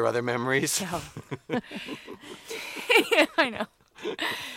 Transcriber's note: laughs